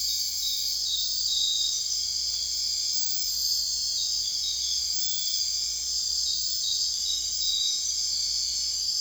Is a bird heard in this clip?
no